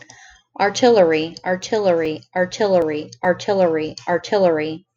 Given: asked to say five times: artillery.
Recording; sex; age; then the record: repeated word; female; 40 to 49 years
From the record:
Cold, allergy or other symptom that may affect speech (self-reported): no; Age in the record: 47 years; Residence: Indiana, United States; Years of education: 16